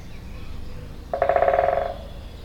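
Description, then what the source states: Woodpecker drumming, one fast roll of evenly spaced taps lasting under a second, over a quiet low background hum. Binaural recording.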